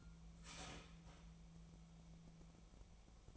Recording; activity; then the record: daily activity, microphone in the room; start toaster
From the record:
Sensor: 1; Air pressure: 1000.3 hPa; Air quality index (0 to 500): 159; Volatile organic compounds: 3 ppm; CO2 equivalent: 1486 ppm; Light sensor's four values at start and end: 27/67/28/33 and 26/66/28/33